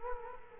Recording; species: mosquito wingbeat signal from an infrared sensor; Culex quinquefasciatus